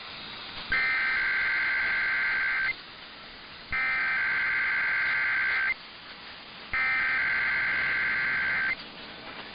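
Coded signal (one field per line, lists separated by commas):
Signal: Emergency Alert System (SAME) tones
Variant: header bursts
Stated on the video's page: Required weekly tests.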